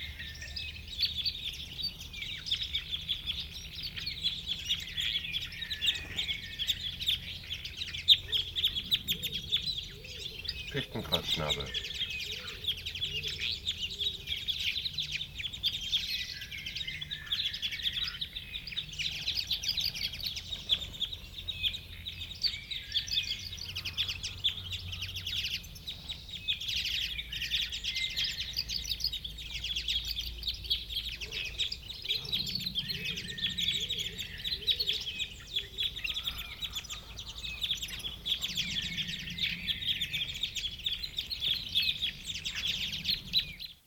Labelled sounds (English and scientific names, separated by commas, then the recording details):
Red Crossbill (Loxia curvirostra) song
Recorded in captivity
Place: Serrahn, Mecklenburg-Vorpommern, DE
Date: 1969-05-10
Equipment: Nagra III BH, Sennheiser MD 421
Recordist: Schubert, Michael